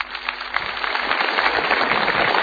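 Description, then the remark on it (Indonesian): A crowd bursts into steady, loud applause, dense clapping that builds in the first half second and holds at full strength throughout, with no voices standing out. The applause is for Mario Teguh Golden Ways at the opening of the evening show. “Tepuk tangan sekali yang meriah untuk Maria Teguh Golden Way.”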